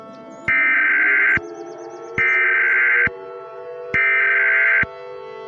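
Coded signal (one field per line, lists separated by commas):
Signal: Emergency Alert System (SAME) tones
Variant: header bursts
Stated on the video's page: Fictional scenario recreation of alerts, not a real broadcast.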